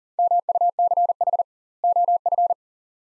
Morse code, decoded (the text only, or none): MUCH OF